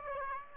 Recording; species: mosquito wingbeat signal from an infrared sensor; Aedes aegypti